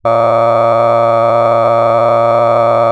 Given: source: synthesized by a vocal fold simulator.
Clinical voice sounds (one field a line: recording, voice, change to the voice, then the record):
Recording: sustained vowel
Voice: male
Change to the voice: cycle-to-cycle stiffness perturbation (roughness), level 9 of 10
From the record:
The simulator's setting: 5.63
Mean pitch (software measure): 116 Hz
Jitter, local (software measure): 2.50%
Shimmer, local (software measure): 9.7%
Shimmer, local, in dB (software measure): 0.79 dB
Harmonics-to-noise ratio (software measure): 12.0 dB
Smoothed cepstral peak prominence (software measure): 17.6 dB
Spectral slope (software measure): -16.9 dB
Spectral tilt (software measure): -12.1 dB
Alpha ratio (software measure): -7.4 dB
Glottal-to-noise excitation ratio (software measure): 0.992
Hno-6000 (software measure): 2.4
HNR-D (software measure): 20.9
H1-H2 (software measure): 5.1 dB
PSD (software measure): 1.9e-04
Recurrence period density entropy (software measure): 0.105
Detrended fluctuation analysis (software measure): 0.0549